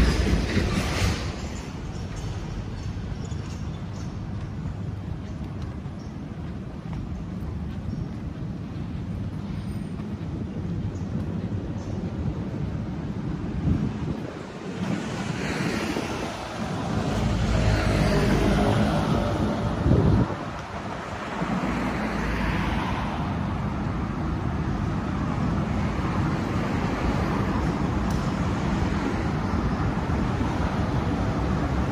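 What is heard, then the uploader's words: Street sounds from a walk in Tel Aviv: a steady, dense low rumble of traffic and wind buffeting the microphone runs throughout. Around 15 to 20 seconds a louder vehicle swells past, then the wash settles back to an even level. Street Sounds. Walking In Tel Aviv, Israel.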